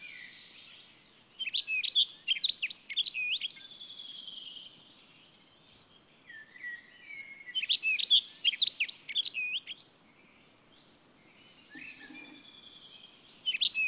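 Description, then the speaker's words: Rustic Bunting repeating its short, high, ringing warbled phrase roughly every six seconds, with quiet gaps between. Song heard in these spring weeks; described as a beautiful, rhythmically ringing warble; species declining. "Onnellinen se, joka näinä viikkoina vielä kuulee pohjansirkun kauniin, rytmikkäästi helkkyvän liveryksen."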